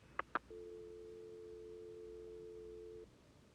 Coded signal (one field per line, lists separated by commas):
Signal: telephone call progress tone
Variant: North America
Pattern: dial tone